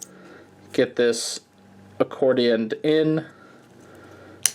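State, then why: Seated. Someone talks while the plastic accordion-style leg panels of a Newage The Legendary Heroes Arges SG Shockwave transforming robot toy are folded and pushed together into the leg. A single sharp snap is heard at 4.5 s as the leg sections lock together and seat.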